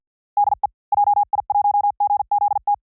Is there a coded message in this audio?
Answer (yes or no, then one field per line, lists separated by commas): yes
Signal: Morse code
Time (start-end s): 0.4-2.7 s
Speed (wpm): 50 wpm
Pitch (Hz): 810 Hz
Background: none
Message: DE JI1GZT